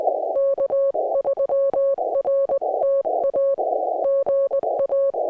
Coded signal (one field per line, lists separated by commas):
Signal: Morse code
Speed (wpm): 20 wpm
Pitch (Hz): 1100 Hz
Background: music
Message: K3RTA GA